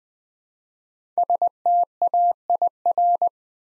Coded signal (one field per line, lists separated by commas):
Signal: Morse code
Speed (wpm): 20 wpm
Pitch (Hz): 700 Hz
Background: none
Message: STAIR